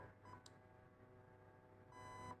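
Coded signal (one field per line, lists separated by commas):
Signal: beep code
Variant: Zius T238 electronic trigger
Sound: a single short electronic beep near the end, after a quiet room hum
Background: quiet room hum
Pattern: 1 short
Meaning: First stage of the trigger reset; keep holding the trigger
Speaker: okay that's the first beat hold hold it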